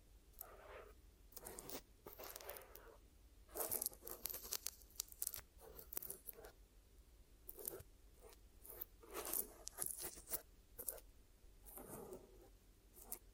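Sticky, crackling rubs and squelches from a glue ear massage and cleaning come in irregular bursts every second or so, some bright and sharp like peeling tape. A steady low hum runs underneath throughout, with brief quieter gaps between strokes.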